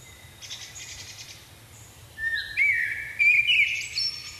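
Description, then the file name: Common blackbird: faint high buzzy notes, then a common blackbird's fluty whistled song phrase ending in thin, high twitters. "Turdus merula"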